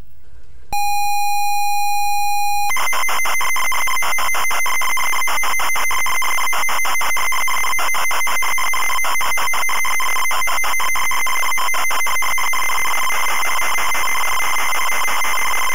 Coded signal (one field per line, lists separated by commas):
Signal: ZX Spectrum tape loading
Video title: Camelot Warriors (ZX Spectrum) - full tape loading